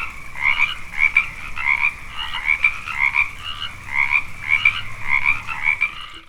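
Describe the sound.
Frog croaking in a series of short, doubled chirping notes, each a quick two-part rasp at mid-high pitch over a quiet background.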